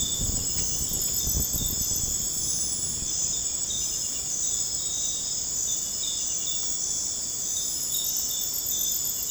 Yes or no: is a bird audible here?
no